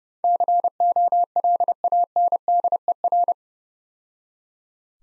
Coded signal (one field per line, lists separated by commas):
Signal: Morse code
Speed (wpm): 31 wpm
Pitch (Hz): 700 Hz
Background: none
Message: COLANDER